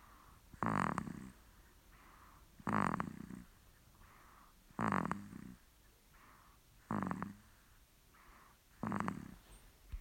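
A dog snoring, with loud, rasping snores coming about every two seconds and softer breaths in between.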